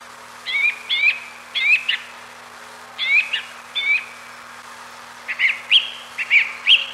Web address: grive musicienne le chant dune grive musicienne